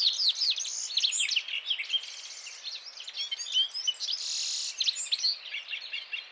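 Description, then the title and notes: Citril finch song: several birds twittering at once, with rapid chirps and short buzzy trills tumbling over each other throughout. Several birds gathered at the end of winter in the mountains, males singing enthusiastically before females; 17 March 2017, Vallon de Combeau, Drôme, France; recorded with Nagra Seven and Telinga P7. "Printemps de Venturon. 17 mars 2017-Vallon de Combeau - Drôme. le chant du Venturon montagnard ( Serinus citrinella)"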